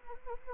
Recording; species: mosquito wingbeat signal from an infrared sensor; Anopheles arabiensis